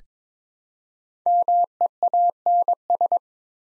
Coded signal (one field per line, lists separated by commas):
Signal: Morse code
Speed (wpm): 22 wpm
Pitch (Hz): 700 Hz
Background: none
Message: MEANS